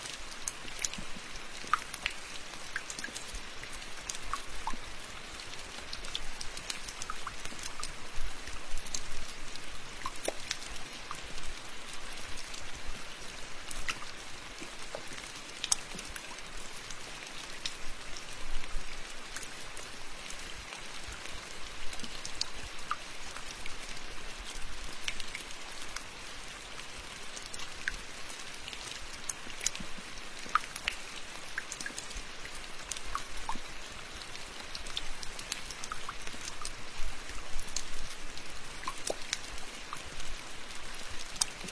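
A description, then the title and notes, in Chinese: Rain drips steadily from the eaves, a dense, even patter of bright taps over a soft continuous hiss, unchanging throughout. 屋檐雨滴。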